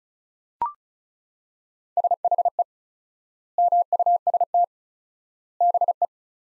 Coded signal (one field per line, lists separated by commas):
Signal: Morse code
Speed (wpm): 36 wpm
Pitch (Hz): 700 Hz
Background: none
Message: SHE MUST BE